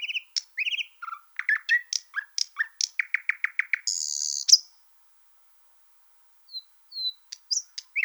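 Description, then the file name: Thrush nightingale song phrase: varied whistles and chucks, a rapid run of repeated notes, a loud buzzy rattle, a pause, then a few soft whistled notes. "solovey obyknovennyy golos"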